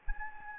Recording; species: mosquito wingbeat signal from an infrared sensor; Anopheles gambiae